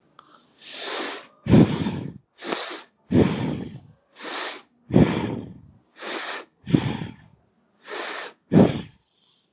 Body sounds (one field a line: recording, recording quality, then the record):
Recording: shallow breathing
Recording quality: excellent, no background noise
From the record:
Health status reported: healthy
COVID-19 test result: not tested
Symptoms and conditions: none ticked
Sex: male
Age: 38 years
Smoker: not ticked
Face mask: not worn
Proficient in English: yes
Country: India